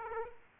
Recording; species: mosquito wingbeat signal from an infrared sensor; Aedes aegypti